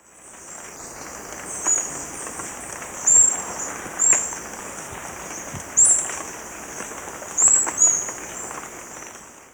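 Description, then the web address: Scarlet-breasted Fruiteater giving very high, thin, short whistled notes at irregular intervals, over a steady high hum and broad background hiss. Recorded in Ecuador. "Birds of Ecuador. Scarlet-Breasted Fruiteater"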